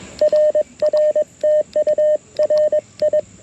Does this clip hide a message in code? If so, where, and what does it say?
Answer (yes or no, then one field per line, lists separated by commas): yes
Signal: Morse code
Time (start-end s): 0.2-3.2 s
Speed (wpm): 21 wpm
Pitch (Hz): 610 Hz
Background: radio noise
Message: RR TU RI